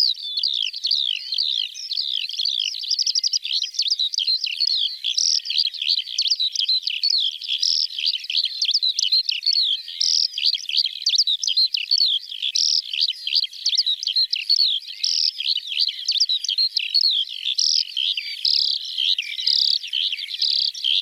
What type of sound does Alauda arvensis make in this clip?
song